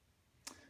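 On a 2017 Audi A4 (B9), the tab on a new engine air filter is slid into its slot in the plastic air box and pushed home. After quiet low background, one sharp tick sounds at 0.5 s, followed by a brief fading tail. The tab is seated in place.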